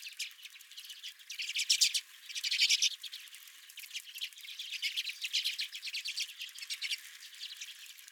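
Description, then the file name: Redpolls chattering in fast, dry, buzzy trills, louder bursts near the second and third seconds, then a steady mix of overlapping calls. Several redpolls at the recordist's feeder. "Redpolls at My Feeder"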